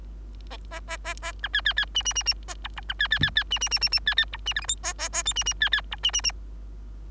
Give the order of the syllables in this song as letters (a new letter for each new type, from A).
A A A A B C C C D D D D A E E B C C C C D D D D D C C E D F G H A A A I D D C C E D D D